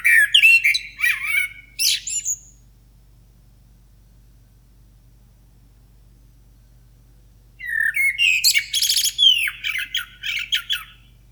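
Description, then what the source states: Blackbird song: two bursts of phrases, each a brief fluted note giving way to rapid high twittering and squeaky chatter, separated by several seconds of quiet with a low steady hum. Recorded in the morning.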